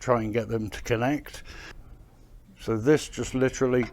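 A magnetic 360 charger plug is handled near the charging port of a Pride Mobility Go Go Super Portable lightweight carbon fiber folding mobility scooter while someone talks. A quieter gap falls in the middle of the clip, and the clip ends before the plug goes home, so nothing has seated or clicked yet.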